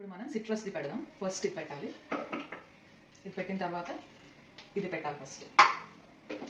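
A plastic citrus press attachment for a Preethi Zodiac Cosmo mixer grinder is being fitted onto the mixer base while someone talks, with light plastic handling sounds and a sharper knock near 5.6 s. Nothing has seated or clicked yet; the attachment has not locked in by the end of the clip.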